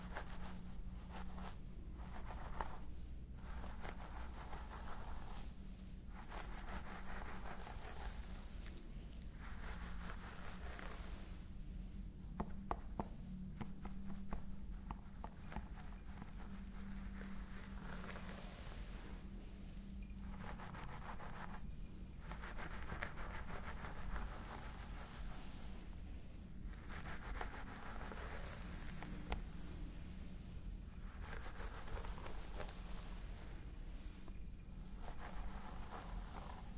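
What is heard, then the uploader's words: Crackling rubbing of fingers through hair during a scalp massage, in bursts of a few seconds with brief pauses between strokes. A steady low hum runs underneath throughout, and the rubbing stays at an even volume. ASMR Stress Relieving Scalp Massage ASMR.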